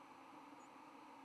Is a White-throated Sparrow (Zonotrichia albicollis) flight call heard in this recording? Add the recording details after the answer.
no. Another species' flight call is heard. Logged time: 07:48 on 10 November 2014